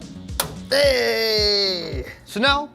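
A metal motherboard I/O shield is pressed into the rear opening of an NZXT PC case, its corners worked until it seats with a sharp snap at 0.4 s, preceded by a faint smaller click at 0.3 s. Someone then talks over a low background hum as the shield stays in place.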